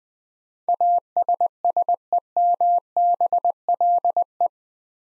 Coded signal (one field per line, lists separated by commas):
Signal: Morse code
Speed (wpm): 21 wpm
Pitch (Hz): 700 Hz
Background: none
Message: ASSEMBLE